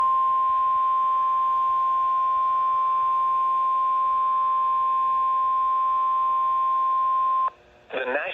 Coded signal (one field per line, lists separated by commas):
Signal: Emergency Alert System (SAME) tones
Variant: 1050 Hz attention tone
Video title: (EAS #461) Severe Thunderstorm Warning for Racine, Walworth, and Waukesha, Wisconsin